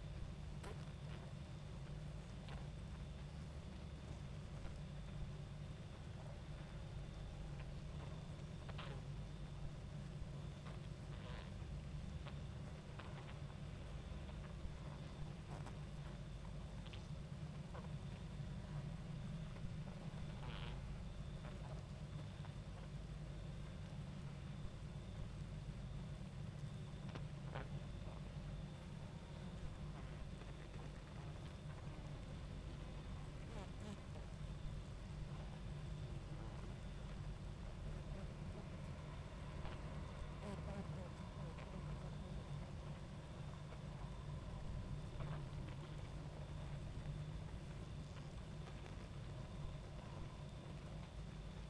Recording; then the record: honeybee colony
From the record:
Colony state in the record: active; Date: 28 July 2017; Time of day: 22:08